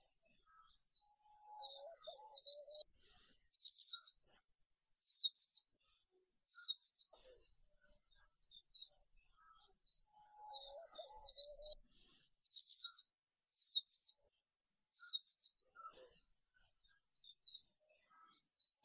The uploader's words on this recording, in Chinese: 红梅花雀的叫声。